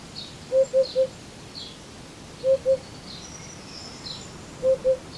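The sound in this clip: Eurasian hoopoe giving low, soft hoots in groups of three, then two, then two, against constant background hiss and faint chirps.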